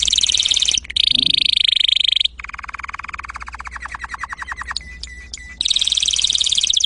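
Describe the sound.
Domestic canary song of fast buzzy rolls, then a lower rattling trill, then loud buzzy rolls returning at the end.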